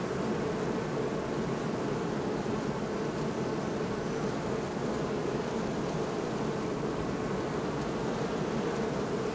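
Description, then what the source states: Honey bee hum, a continuous low drone from a crowd of bees, unchanging and even in loudness across the whole stretch. Hum of hundreds of bees at bee hives in Botanischer Garten Oldenburg, recorded with a Sony PCM D50.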